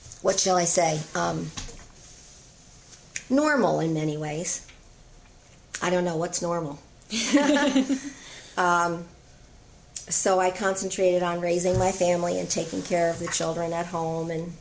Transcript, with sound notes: what shall I say, normal in many ways. I don't know, what's normal? [laughter] So I concentrated on raising my family, and taking care of the children at home.